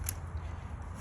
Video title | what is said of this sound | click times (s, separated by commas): How to get started with pressure washing!!🤩 | insert it and then make sure it clicks on. | 0.1 s